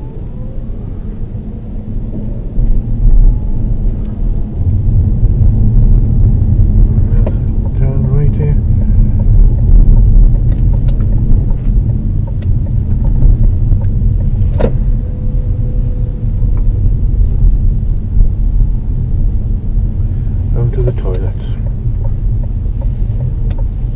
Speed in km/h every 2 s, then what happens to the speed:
15, 19, 26, 23, 23, 16, 11, 13, 11, 10, 13, 11.
0-4 speeds up to 26. 7-12 slows to 11. 12-24 steady at about 11.